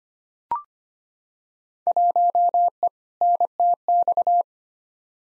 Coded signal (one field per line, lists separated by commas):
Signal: Morse code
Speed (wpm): 25 wpm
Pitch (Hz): 700 Hz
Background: none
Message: 1E NTX